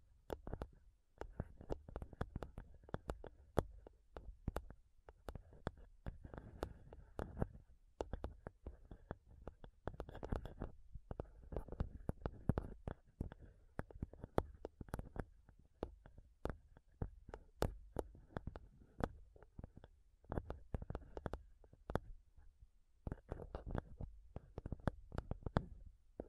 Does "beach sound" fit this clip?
no